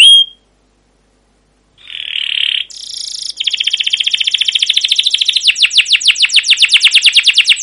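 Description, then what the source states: Canary song: one short chirp, a pause, two harsh buzzy notes, then a long quick trill that keeps repeating without a break. Long rolling chirping song ('cuit cuit ngerol', 'gacor panjang') of a canary, used as a lure and training recording for other canaries.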